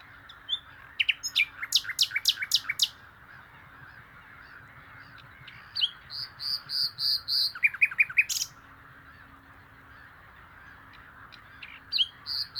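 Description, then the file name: Common nightingale song phrases: a rapid series of sharp, clicking notes, quiet gap, then swelling whistled notes and a brief chattering trill, with faint hiss throughout. "Luscinia megarhynchos"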